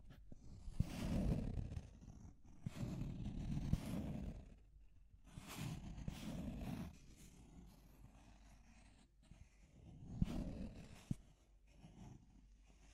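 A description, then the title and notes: Deep scratching comes in rough, dense strokes lasting one to two seconds, heaviest in the low end with a gritty, growling texture. Strong bursts come early and around six seconds, with quieter, thinner rasping between them, a few sharp knocks, and another burst near ten seconds. Deep Scratching. (No Talking).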